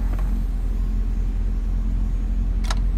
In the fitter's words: comes back down locks into place and then the top falls down there